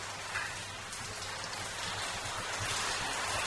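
Steady rain falls in a continuous hiss of dense, fine drops, with a low hum running underneath. No voices, just an even, unbroken wash of rainfall throughout.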